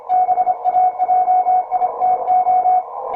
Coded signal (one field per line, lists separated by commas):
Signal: Morse code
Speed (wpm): 26 wpm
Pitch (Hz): 730 Hz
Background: none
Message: BAJITO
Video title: Morse code with Lu3awl /Lw8dru qrp ...Lu6edg. me! 73!